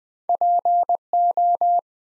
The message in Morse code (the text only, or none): PO